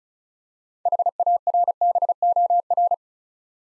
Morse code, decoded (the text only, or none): HARBOR